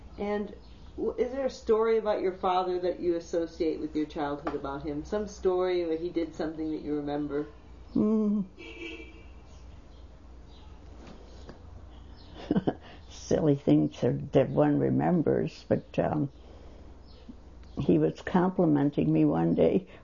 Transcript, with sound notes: And is there a story about your father that you associate with your childhood, some story when he did something that you remember?
( she laughs ) Silly things that one remembers, but he was complimenting me one day.